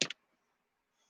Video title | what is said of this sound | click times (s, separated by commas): Good Morning Saturday | snap there we go | 0.0 s